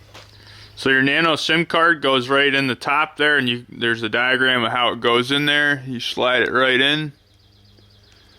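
A nano SIM card is slid into the top slot of a cellular trail camera, following a diagram, before being pushed home with a tool. Someone talks over the handling, with faint ambient noise in the background. Nothing has seated or clicked yet.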